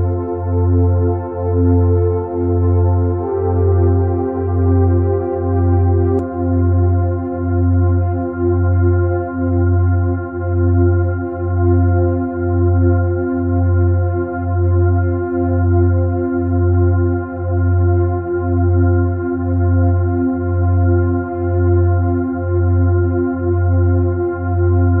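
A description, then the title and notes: A 91 Hz meditation tone hums low and steady, pulsing in a slow, even throb about once per second for the whole stretch. Above it, sustained bowl-like ringing tones layer together, with a brief bright shimmer near six seconds. No other sounds intrude. Meditation with 91 Hz Sound. Harmonious resonance of 91 Hz meditation sound.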